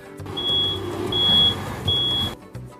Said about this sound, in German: Nein, ich fahre gerade mit einem LKW rückwärts.